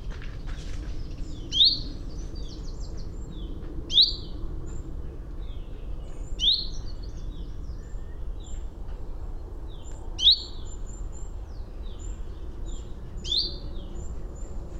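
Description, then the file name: Common chaffinch giving repeated short sharp calls, five notes two to four seconds apart, with soft background chirps and a continuous low hum. "Fringilla coelebs"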